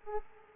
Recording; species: mosquito wingbeat signal from an infrared sensor; Culex pipiens